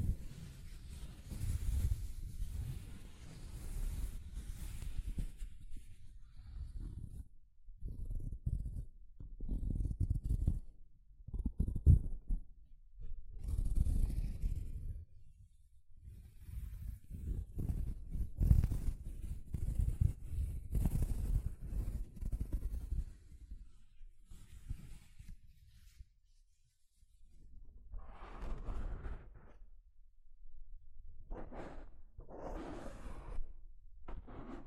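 Soft fabric brushes over a microphone in uneven strokes, mostly low, muffled rubbing with occasional thin hissy edges. Bursts come every second or two with short quiet gaps, and near the end a few brighter swishes stand out around 28 to 33 seconds.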